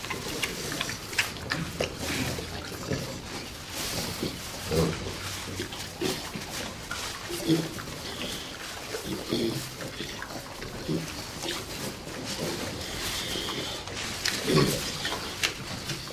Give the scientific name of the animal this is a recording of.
Papio hamadryas